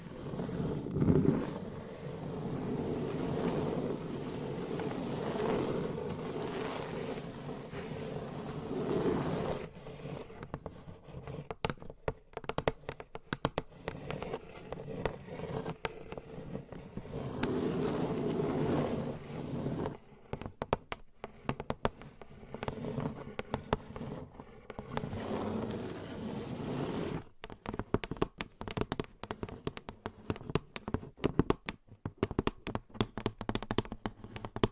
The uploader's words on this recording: ASMR Tingly Gentle Tapping & Scratching. No Talking.